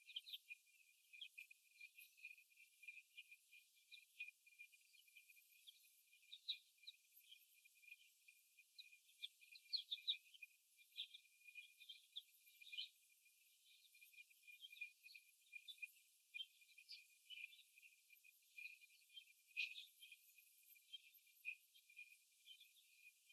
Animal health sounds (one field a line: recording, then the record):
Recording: young laying hens in a cage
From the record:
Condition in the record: after the stressor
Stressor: simulated dog barking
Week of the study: 1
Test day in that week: 1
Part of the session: 2